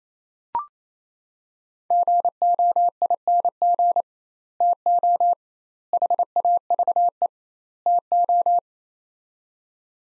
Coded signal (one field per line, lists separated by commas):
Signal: Morse code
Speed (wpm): 28 wpm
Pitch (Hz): 700 Hz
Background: none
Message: GOING TO HAVE TO